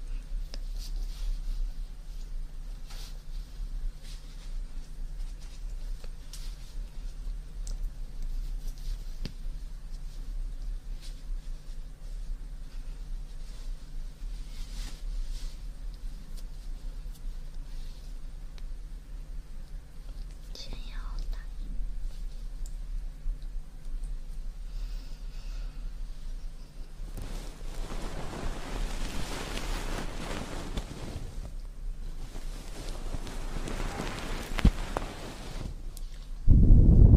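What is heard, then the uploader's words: Ear cleaning and ear massage sounds, mostly quiet over a steady low hum with scattered soft ticks and light scratches. From about 27 to 33 seconds a dense rustling, rubbing swell builds and fades, and a sudden loud thump ends the clip. TimASMR- Ear Cleaning & Ear Massage Water Sounds.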